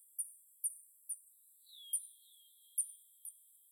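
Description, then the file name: Bat calls: several soft, high chirps at uneven intervals, with one longer, lower downward sweep that begins midway and trails off to the end. Bat movement in the Rayol Gondwana garden. "Rayol Gondwana Mouvementde Chauve Souris Mercier Glotin"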